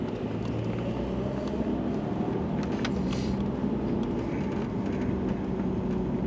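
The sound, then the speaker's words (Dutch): A car rolls along slowly, looking for a parking spot at a busy car wash, its engine giving a steady, low rumble with faint tonal hum and a few soft clicks and rattles over it, with no one speaking. “Even een parkeerplekje zoeken.”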